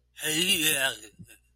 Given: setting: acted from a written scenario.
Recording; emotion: vocal sound without words; ecstasy